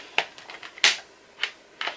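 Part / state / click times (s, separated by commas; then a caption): unidentified insertable part into its housing or socket / partly seated / 0.8 s. An unnamed part on a car boot sale purchase is pushed into its housing. It gives a loud click at 0.9 s among lighter clicks at 0.2, 1.4 and 1.8 s. It clicks in but does not stay seated, for no known reason.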